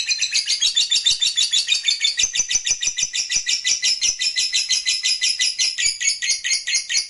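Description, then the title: Lovebird song: a steady, harsh, high-pitched chatter of quickly repeated notes running without pause. Lovebird song played to stimulate lovebirds. "Suara Lovebird"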